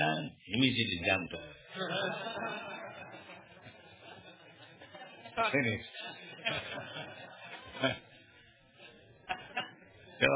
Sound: devotees laugh